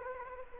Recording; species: mosquito wingbeat signal from an infrared sensor; Anopheles gambiae